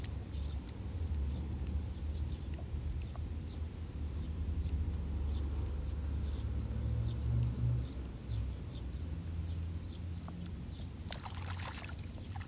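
Sparrows chirp busily in short bright bursts over a rice paddy, above a steady low rumble, with a sharp click near eleven seconds.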